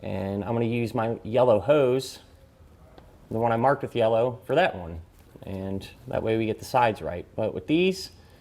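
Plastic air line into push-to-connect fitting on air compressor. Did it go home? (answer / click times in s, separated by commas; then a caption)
no / none. A yellow-marked plastic air line is handled at a push-to-connect fitting on the manifold of an Air Lift WirelessAIR air compressor for air helper springs on a 2021 Ford F-450; the yellow marking keeps the left-side line sorted. Someone talks throughout, with a faint short tick near 3.0 s in a pause. Nothing has seated or clicked into the fitting yet.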